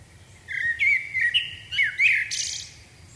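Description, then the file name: Common blackbird singing a brief phrase of low fluting whistles that finishes in a harsh, high squeaky burst. "Turdus merula"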